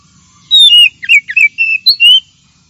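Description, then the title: Oriental magpie-robin singing a short phrase of loud, sweet whistles, some dropping in pitch, others rising, lasting under two seconds. Champion-grade bird. "Kicau Burung Kacer Juara"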